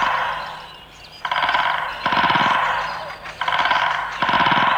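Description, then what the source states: Woodpecker drumming: four rapid rattling bursts of beak blows, each under a second, in two close pairs. Drumming, a loud sound made with rapid beak blows while perched on a dry branch.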